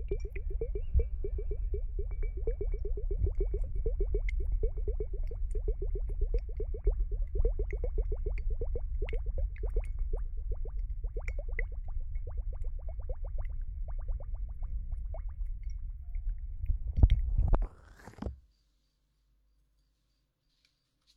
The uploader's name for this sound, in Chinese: 水沙漏 史莱姆黏液